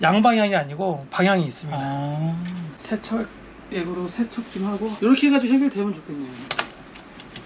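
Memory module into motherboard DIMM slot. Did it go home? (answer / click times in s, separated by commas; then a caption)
yes / 7.2 s, 7.4 s. A RAM memory module, turned the right way round, is pressed firmly into a motherboard DIMM slot while someone talks. The retention clips click at 7.2 s and 7.4 s, and the module is seated.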